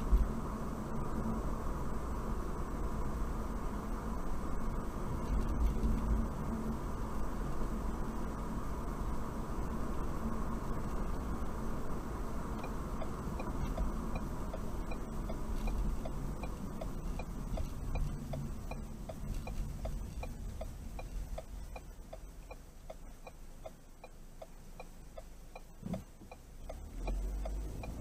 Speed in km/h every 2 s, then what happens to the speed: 48, 50, 48, 50, 50, 50, 50, 42, 27, 16, 11, 0, 0, 0.
0-12 steady at about 50. 12-22 brakes to 0. 22-28 standing.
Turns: none.